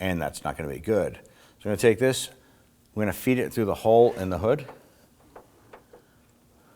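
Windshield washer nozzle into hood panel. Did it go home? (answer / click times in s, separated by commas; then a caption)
no / none. A plastic windshield washer nozzle for a 2008-2011 Ford Focus is fed through the hole in the hood panel and lined up, while someone talks for most of the clip. A few faint, brief handling taps follow near 5.4 and 5.7 seconds, but the nozzle has not yet been pushed home or clicked into place.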